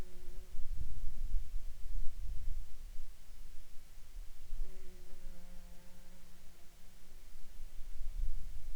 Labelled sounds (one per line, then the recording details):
insects
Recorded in Ivvavik National Park, Yukon, on 15 July 2019 at 12:46
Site SINP05